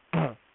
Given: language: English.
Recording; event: throat vibration sensor signal played as sound; throat clearing